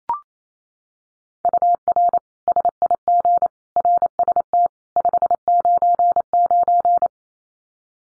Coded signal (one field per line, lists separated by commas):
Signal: Morse code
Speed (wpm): 28 wpm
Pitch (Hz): 700 Hz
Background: none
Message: UR SIG RST 599